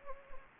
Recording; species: mosquito wingbeat signal from an infrared sensor; Anopheles gambiae